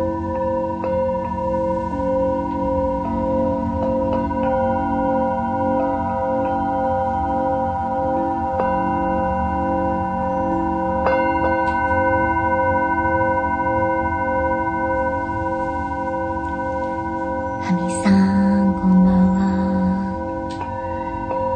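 Tibetan singing bowls ring in a steady, sustained drone, several pure tones layered and humming together with a slow, gentle wavering. Soft strikes refresh the sound now and then, and near eighteen seconds a brighter, shimmering tone rises briefly before the hum settles again.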